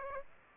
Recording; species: mosquito wingbeat signal from an infrared sensor; Aedes aegypti